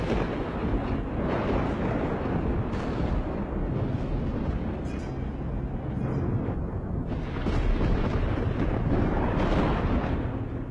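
Loud, heavy thunder over a mountainside amid dark clouds and strong wind rolls on without pause, a deep rumbling roar with several harsher lightning cracks swelling through it. No voices are heard.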